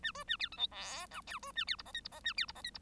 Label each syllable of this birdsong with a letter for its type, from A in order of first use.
A B A C D E F G H B A C I J K I J A C I J K I